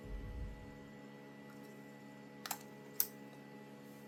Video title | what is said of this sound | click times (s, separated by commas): #makeup #talk #upcomingvideo | and just clicks back in. | 3.0 s